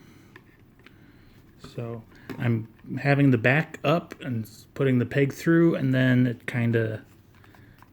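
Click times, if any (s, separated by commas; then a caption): 7.8 s. Someone talks while a plastic sarong/skirt piece is fitted onto a PVC anime figure, with the peg pushed through its hole and the piece tilted down at the back. A small, sharp snap at 7.8 s marks the piece seating into place on the figure's peg.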